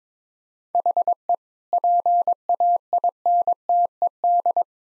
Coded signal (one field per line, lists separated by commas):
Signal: Morse code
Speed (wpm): 22 wpm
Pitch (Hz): 700 Hz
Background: none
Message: HE PAINTED